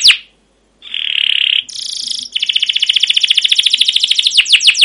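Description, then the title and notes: Canary song: one sharp note, a pause, a steady buzzy whistle, a higher buzzing tone, then a rattling trill. Caged canary song used as lure to train young canaries to learn sounds; style described as cuit cuit ngerol, gacor panjang, emosi: chirping, rolling, long continuous excited singing. "CUIT CUIT NGEROL GACOR PANJANG Kenari Pancingan KENAR. PANCINGAN Kenari GACOR PANJANG Cuit CUIT EMOSI MASTERAN Kenari PAUD belajar BUNYI. burung kenari"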